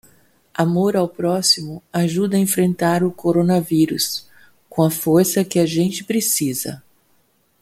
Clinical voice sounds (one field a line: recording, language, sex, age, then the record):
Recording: spoken sentence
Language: Brazilian Portuguese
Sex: female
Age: 60 to 69 years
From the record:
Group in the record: control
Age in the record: 61 years